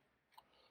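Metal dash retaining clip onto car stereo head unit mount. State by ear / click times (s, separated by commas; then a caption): seated / 0.4 s. A small silver metal dash retaining clip, taken off the old unit, is squeezed together and pushed onto the mounting point of a new Android car stereo head unit. It gives a short, sharp snap at 0.4 s and seats in place.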